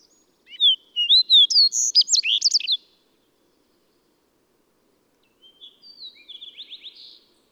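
Bird song, a loud jumble of quick whistled and twittering notes for two seconds, then after a pause a softer, faster trill of repeated notes.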